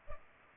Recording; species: mosquito wingbeat signal from an infrared sensor; Culex pipiens